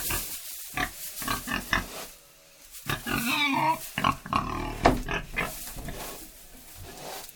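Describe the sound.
Pig giving rough grunts, then shrill squeals, with a short quiet pause partway through.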